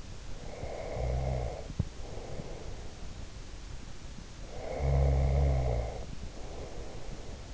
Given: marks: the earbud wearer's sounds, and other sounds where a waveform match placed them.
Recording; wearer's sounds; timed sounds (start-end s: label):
sounds in sleep by an in-ear microphone; snoring breath
0.45-3.03 s: snoring breath
4.49-7.54 s: snoring breath